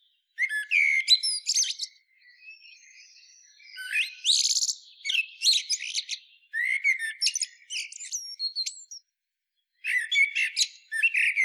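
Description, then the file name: Eurasian blackbird song: several bursts of mixed whistles and sharp high twitters, with brief pauses between bursts. "Turdus merula"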